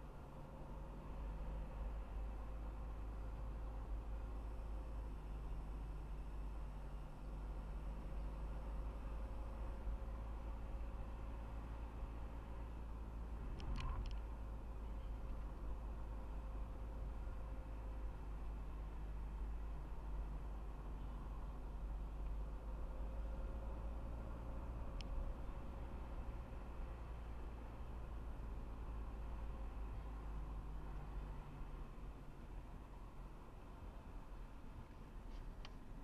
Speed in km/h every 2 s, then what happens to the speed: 42, 43, 41, 42, 44, 45, 44, 43, 42, 41, 42, 46, 47, 46, 42, 38, 36, 33.
0-19 steady at about 42. 19-25 speeds up to 47. 25-36 slows to 33.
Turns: none.